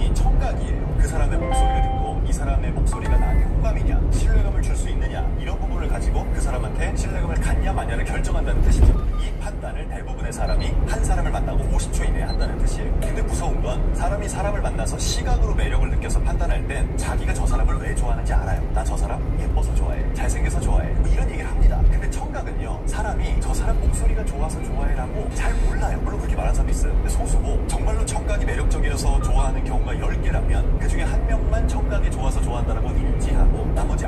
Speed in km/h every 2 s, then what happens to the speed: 51, 53, 56, 59, 61, 61, 56, 50, 49, 50, 53, 55, 57, 60, 62, 63, 64.
0-8 speeds up to 61. 11-14 brakes to 50. 16-29 speeds up to 63.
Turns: none.